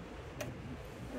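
The old EVAP pressure sensor on a 2014-2024 Mercedes-Benz Vito/Metris (W447) is twisted and pulled out of its twist-lock port near the oil fill in the engine bay. A short, sharp tick pops out at 0.4 s over a steady low background. The sensor comes free of its port.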